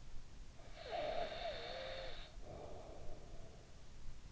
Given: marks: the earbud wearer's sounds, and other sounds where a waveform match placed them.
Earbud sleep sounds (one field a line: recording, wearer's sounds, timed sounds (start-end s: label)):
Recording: sounds in sleep by an in-ear microphone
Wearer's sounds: snoring breath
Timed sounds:
0.37-4.03 s: snoring breath